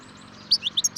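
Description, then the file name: European goldfinch giving a short series of five quick, bright high notes after a brief silence. "Carduelis carduelis"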